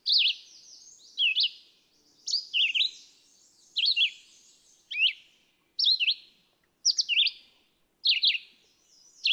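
Red-eyed vireo song: continual short, up-and-down warbled phrases about a second apart.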